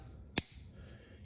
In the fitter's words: you gonna just slide it up and push it in you hear that snap you